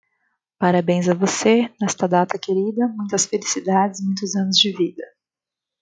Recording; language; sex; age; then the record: short text; Brazilian Portuguese; female; 30 to 39 years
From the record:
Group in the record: control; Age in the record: 32 years